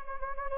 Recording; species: mosquito wingbeat signal from an infrared sensor; Anopheles gambiae